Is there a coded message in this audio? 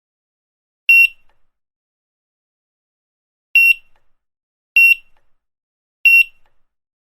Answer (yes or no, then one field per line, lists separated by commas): no